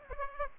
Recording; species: mosquito wingbeat signal from an infrared sensor; Aedes aegypti